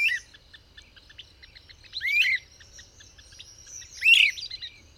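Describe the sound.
Bird song with repeated rising-and-falling whistled phrases, one roughly every two seconds, against a constant backdrop of soft chirps.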